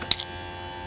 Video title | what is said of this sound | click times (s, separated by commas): Install: Replacement Pad for SnapPad Jack Stand Pad System on a 2011 Tiffin Allegro Bus Motorhome | Seems like we're pretty much in place and should snap right in. | 0.1 s, 0.2 s